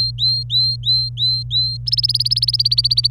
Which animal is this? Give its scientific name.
Serinus canaria